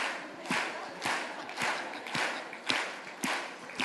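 People at a live church worship practice clap along together to a praise song in a steady rhythm, sharp unified claps landing about twice a second over a continuous wash of crowd noise.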